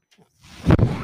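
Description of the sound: A single low, rushing surge of airflow builds and fades: a person's own mechanical ventilator delivering a breath.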